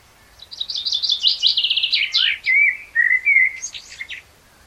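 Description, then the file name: Common blackbird song: quick high chattering notes running into a series of smooth lower whistles, closing with a short squeaky twitter. "Turdus merula"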